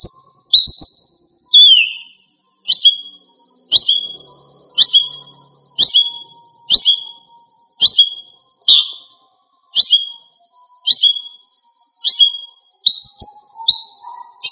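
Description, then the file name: Greater green leafbird repeating short, high, downslurred whistled notes about once a second, with a few chattering notes at the start and end. Female. "cucak ijo betina"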